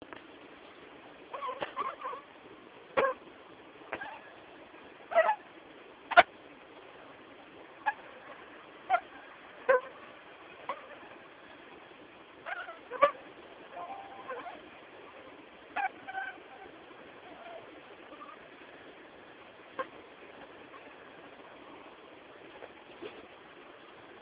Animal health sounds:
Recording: mosquito flight sound by mobile phone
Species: Anopheles gambiae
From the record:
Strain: Kisumu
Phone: Samsung T209

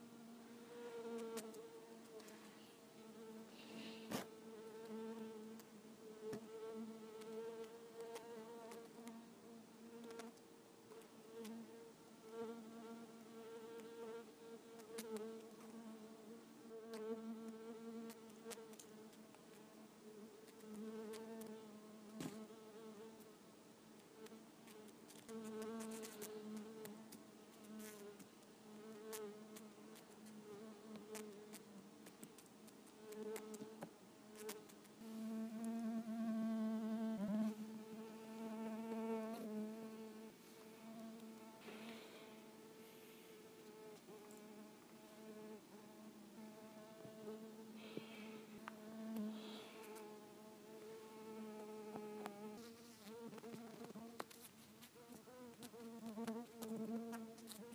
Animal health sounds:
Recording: mosquito flight sound by mobile phone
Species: Culiseta incidens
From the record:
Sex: female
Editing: snipped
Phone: iPhone 4S

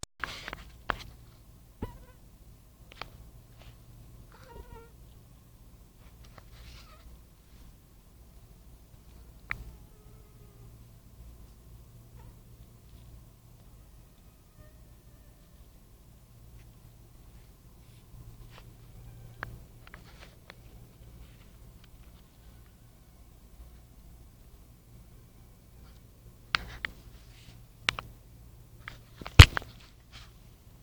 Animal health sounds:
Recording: mosquito flight sound by mobile phone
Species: Anopheles dirus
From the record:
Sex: mixed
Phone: Nokia 5235

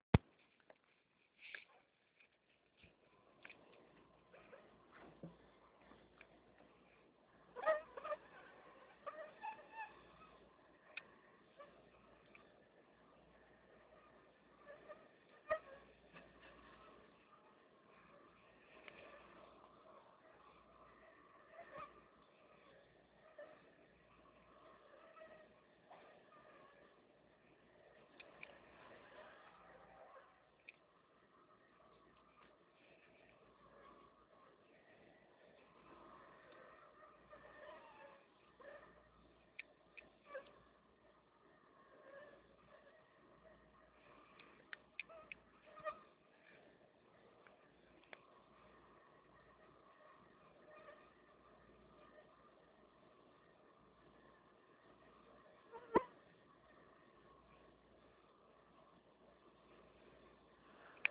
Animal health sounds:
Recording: mosquito flight sound by mobile phone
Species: Anopheles stephensi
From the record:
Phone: Nokia 6555B

